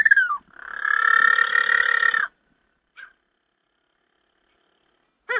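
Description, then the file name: Little penguin call: a short falling note, then one sustained buzzy pulsed bray lasting about two seconds, followed by silence and two brief clipped notes. Recorded at St Kilda Breakwater on 21 November 2009. "20091121 Little Penguin calls at St Kilda Breakwater"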